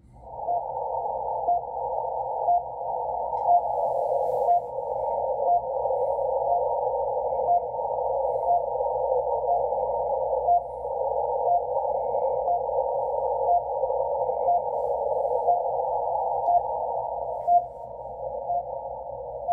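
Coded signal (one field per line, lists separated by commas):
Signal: radio time signal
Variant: RWM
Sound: short beeps about once per second over narrow band of shortwave hiss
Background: radio static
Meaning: Each short beep marks one second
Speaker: now let's go to the unfed wire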